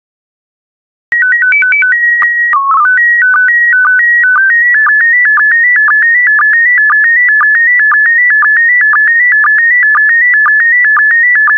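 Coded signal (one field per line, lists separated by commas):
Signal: SSTV (slow-scan television)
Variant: PD120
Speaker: Five, four, three, two, one. Transmission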